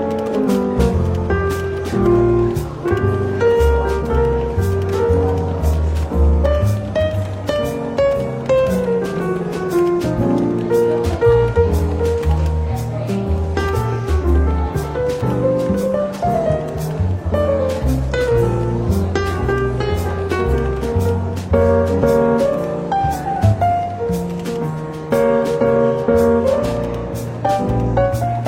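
Soft jazz plays steadily in a bookstore café, with walking bass notes, gentle chords and light, regular cymbal taps throughout, faint murmuring underneath.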